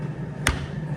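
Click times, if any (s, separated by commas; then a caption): 0.5 s. A 13 mm six-point socket from a VEVOR mechanics tool set is pushed back into its molded plastic slot in the case. It snaps into place with a single sharp click at 0.5 s over a low steady background hum, and the socket is seated.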